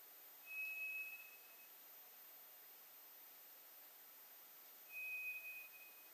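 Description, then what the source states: White's thrush song: two long single-pitch whistles about four seconds apart, each held near a second, with steady hiss between them. Recorded on 2 July 2007.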